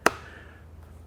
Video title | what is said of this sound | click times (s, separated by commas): S-1 Stroller Unboxing & Instructional Video | Just make sure you push them down till you hear the click. | 0.1 s